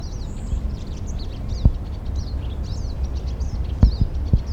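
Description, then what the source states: Pied siskin singing a rapid, continuous twitter of high buzzy trills and slurred notes, with a few soft knocks against a low background hum. Song, recorded beside a road.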